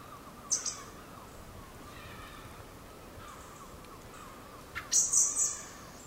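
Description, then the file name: Common blackbird calls: a short, high, thin burst early, then a few high, piercing notes near the end, with quiet in between. "Turdus merula"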